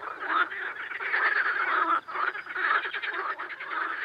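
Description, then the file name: Amphibians in a continuous, rough croaking chorus that barely pauses, one short dip midway. Amphibian ambience. "AMBAmphibiens"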